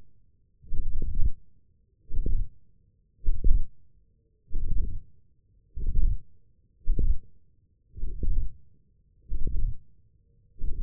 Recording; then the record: forearm muscle sounds (acoustic myography)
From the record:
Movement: hand opening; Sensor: system 1, eight BSWA MPA416 microphones around the upper forearm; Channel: 5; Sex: male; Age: 20 years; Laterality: left